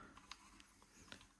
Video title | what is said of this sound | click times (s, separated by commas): How to Repair a Dyson V12/V15 Laser Head (Full Teardown & Motor Swap)” | Click in. Let's go. Yep. Here we go. | 0.3 s, 1.1 s